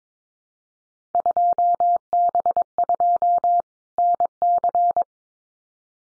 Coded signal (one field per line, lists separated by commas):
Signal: Morse code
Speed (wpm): 22 wpm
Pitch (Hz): 700 Hz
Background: none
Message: 2B2 NC